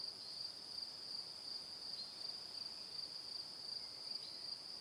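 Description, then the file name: Shrill, evenly pulsed cricket chirping continues throughout over light background noise. "Calm - Evening Crickets"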